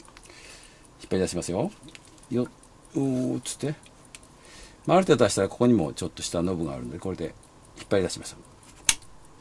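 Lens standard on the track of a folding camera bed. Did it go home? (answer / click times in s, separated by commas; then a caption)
yes / 8.9 s. Someone talks while the metal lens standard of a 1915–1926 Kodak No. 2 Folding Autographic Brownie bellows camera is pulled out along its track on the camera bed with a small knob. A sharp click at 8.9 s marks the standard snapping into its detent, showing the lens is fully out and seated.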